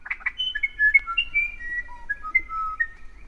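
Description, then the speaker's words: Musician Wren song: a run of clear, pure whistled notes at varied pitches, some rising and some falling, delivered in a flowing, unhurried sequence. South American wren; described as perhaps the most legendary singer among wrens. "It's a tough decision, but many would choose South America's musician wren."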